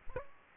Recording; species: mosquito wingbeat signal from an infrared sensor; Aedes aegypti